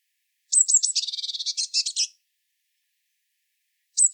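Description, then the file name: Eurasian blue tit giving a high call: a few thin descending notes followed by a rapid buzzy churring rattle, about one and a half seconds long, then another call begins. "Cyanistes caeruleus"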